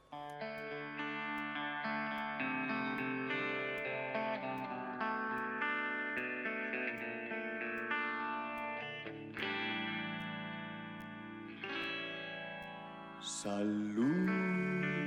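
A heavy rock intro with thick, distorted guitar chords over a steady, driving drum beat, loud and sustained throughout, with a sudden change in the riff near the end. No voices.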